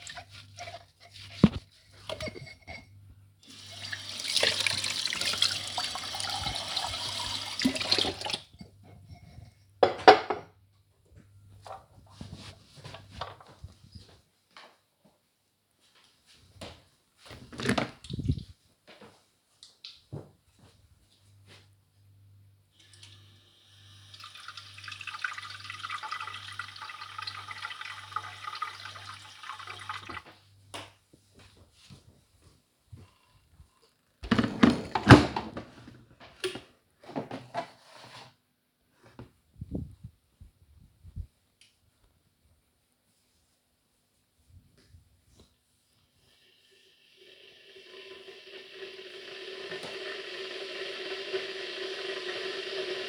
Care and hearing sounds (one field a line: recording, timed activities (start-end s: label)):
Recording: household activities, microphone on the right wrist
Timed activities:
0.00-9.76 s: washing dishes